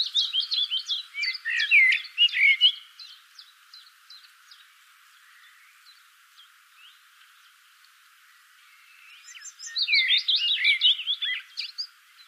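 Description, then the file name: Common blackbird song, a rich warbling phrase with shrill twittering over the first three seconds, a long quiet gap, then a second lively phrase near the ten-second mark. "Turdus merula"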